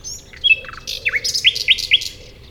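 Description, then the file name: Common nightingale singing: a few high whistled notes and a short chattering run, then a series of loud, sharp downslurred notes repeated about four times in quick succession. "Luscinia megarhynchos"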